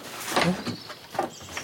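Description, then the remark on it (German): The door of a dacha swings open with a few scraping, creaky bursts of movement over roughly two seconds, moderately loud, with no voices. “Du Zuckerstückchen, die Tür ist offen.”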